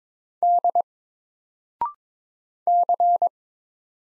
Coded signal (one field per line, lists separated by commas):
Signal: Morse code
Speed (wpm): 23 wpm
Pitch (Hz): 700 Hz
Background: none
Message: D C